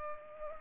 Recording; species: mosquito wingbeat signal from an infrared sensor; Culex pipiens